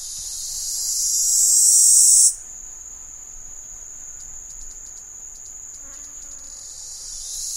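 Keys cicada call: a loud, shrill, hissing buzz that swells for about two seconds and then cuts off abruptly, leaving a faint steady whine with light ticking.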